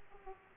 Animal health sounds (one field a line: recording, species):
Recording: mosquito wingbeat signal from an infrared sensor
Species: Aedes aegypti